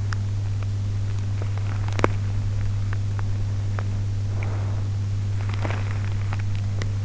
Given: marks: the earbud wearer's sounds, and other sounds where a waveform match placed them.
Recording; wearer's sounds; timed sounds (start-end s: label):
sounds in sleep by an in-ear microphone; teeth grinding
0.00-0.56 s: teeth grinding
1.36-2.85 s: teeth grinding
5.46-6.97 s: teeth grinding